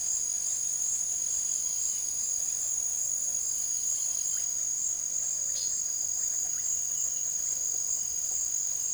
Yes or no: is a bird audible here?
no